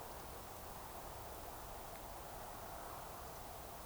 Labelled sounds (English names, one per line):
Eurasian Woodcock whistle